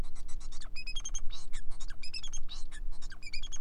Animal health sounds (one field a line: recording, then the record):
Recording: song of a male Bengalese finch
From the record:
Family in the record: son of father 4